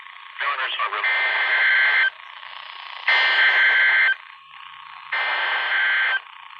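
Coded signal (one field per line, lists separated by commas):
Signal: Emergency Alert System (SAME) tones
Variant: header bursts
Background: speech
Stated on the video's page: Severe thunderstorm alerts on NOAA Weather Radio for Charleston, South Carolina.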